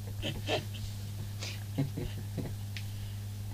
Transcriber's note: chuckling